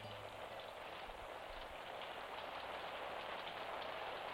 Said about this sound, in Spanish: La lluvia salió a raudales del Palacio del Sol hacia la choza de Vitucho.